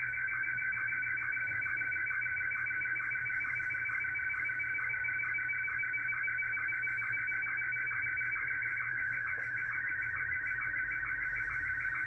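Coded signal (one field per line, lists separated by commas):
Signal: SSTV (slow-scan television)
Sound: steady warbling tones with a rhythmic tick about twice a second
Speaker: television being sent out I've actually configured now SS mmsstv it controls my radio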